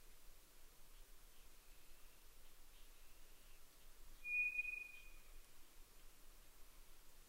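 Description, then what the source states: White's thrush giving a single thin, level whistle held about one second, faint over a steady hiss of background noise. At night, 22:35, 11 June 2011.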